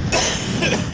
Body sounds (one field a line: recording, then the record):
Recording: coughing mixed with background sound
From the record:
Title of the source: Dry Afternoon Cough